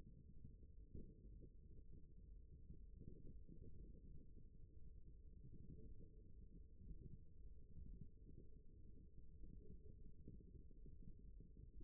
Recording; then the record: forearm muscle sounds (acoustic myography)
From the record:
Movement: rest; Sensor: system 1, eight BSWA MPA416 microphones around the upper forearm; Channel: 7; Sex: male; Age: 23 years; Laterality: right